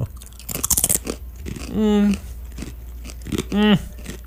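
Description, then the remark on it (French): A quick flurry of sharp, crisp crunches as very thin pretzel crackers, only one or two millimetres thick, are bitten and chewed in a tasting, followed by two short hummed vocal sounds with soft chewing noises in between. “Craquons. Allons-y. Croquons.”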